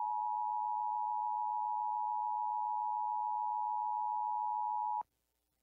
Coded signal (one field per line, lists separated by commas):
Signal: Emergency Alert System (SAME) tones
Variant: 853 and 960 Hz attention tone